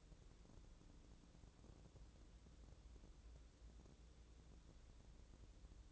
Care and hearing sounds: daily activity, microphone in the room; wipe stove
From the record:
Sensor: 3

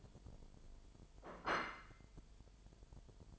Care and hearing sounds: daily activity, microphone in the room; place plate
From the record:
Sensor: 5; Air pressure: 1002.1 hPa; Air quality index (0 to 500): 225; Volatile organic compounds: 29 ppm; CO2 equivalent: 2926 ppm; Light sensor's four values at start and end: 10/24/10/11 and 10/24/10/11

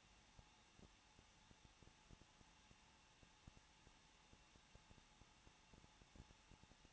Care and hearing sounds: daily activity, microphone in the room; no activity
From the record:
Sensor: 1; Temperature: 20.1 degrees Celsius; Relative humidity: 39.1%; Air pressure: 1006.4 hPa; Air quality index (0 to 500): 216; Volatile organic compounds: 73 ppm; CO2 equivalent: 3543 ppm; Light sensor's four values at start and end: 1/2/1/1 and 1/2/1/1

